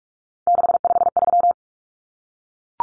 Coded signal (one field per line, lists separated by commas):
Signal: Morse code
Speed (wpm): 44 wpm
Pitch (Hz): 700 Hz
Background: none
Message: 653